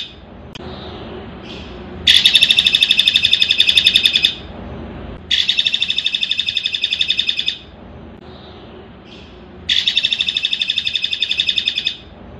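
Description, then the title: Streaked spiderhunter song: three long bursts of rapid, even, high chattering notes, each lasting about two seconds, separated by short pauses with soft faint calls between. Long, clear song from a bird in full voice, used as a master recording for training birds. "Pijantung Gunung Gacor Jernih Panjang"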